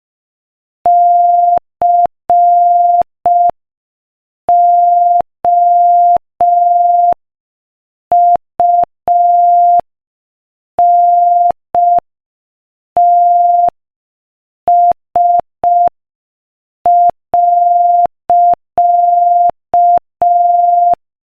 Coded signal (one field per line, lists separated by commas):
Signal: Morse code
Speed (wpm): 5 wpm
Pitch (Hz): 700 Hz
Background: none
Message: COUNTS.